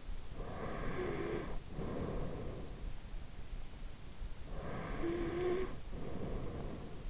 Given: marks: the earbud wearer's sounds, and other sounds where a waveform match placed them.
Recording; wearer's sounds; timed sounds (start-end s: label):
sounds in sleep by an in-ear microphone; snoring breath
0.32-2.72 s: snoring breath
4.62-7.10 s: snoring breath